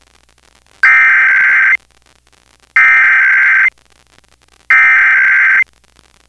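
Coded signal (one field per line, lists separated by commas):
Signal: Emergency Alert System (SAME) tones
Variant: header bursts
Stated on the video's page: Pennsylvania required monthly tests recorded off several FM radio stations and translators.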